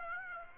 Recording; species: mosquito wingbeat signal from an infrared sensor; Aedes aegypti